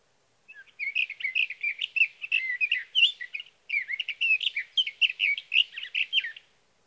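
Sage thrasher song: two long bursts of rapid, warbled, slurred notes run together almost without pause, with a brief break near the middle; no other sounds.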